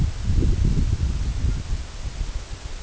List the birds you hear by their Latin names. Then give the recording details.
Branta canadensis. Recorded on Arctic tundra, site EABA-1, on 23 June 2018. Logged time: 22:00